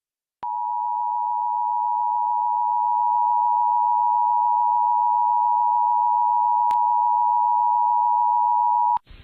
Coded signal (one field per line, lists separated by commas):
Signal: Emergency Alert System (SAME) tones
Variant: 853 and 960 Hz attention tone